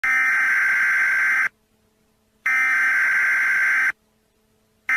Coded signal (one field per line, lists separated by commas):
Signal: Emergency Alert System (SAME) tones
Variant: header bursts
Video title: Interdimensional Beings Update | EAS